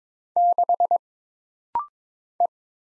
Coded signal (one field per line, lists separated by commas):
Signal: Morse code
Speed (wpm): 23 wpm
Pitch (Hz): 700 Hz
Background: none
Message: 6 E